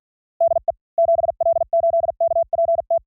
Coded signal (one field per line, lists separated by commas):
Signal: Morse code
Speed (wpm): 48 wpm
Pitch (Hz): 670 Hz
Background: none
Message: DE 7L8KPT